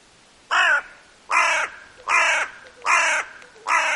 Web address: hooded crow